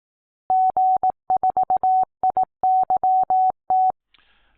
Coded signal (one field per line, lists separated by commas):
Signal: Morse code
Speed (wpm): 18 wpm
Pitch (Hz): 750 Hz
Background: none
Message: G4IYT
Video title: UK Amateur Radio Full Licence Mock 1 RSGB v1.6 Question 52